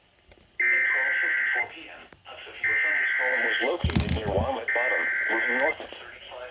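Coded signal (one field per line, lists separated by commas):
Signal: Emergency Alert System (SAME) tones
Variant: header bursts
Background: speech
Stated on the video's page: Real EAS alerts during Tropical Storm Fred.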